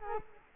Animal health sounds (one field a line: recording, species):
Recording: mosquito wingbeat signal from an infrared sensor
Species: Culex quinquefasciatus